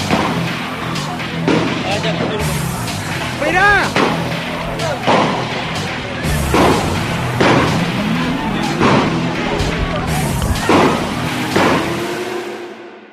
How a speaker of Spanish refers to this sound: Impresionante. Impresionante. La policía ha reprimido, ha dispersado. Siguen cayendo piedras, escuchen los disparos.